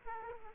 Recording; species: mosquito wingbeat signal from an infrared sensor; Aedes aegypti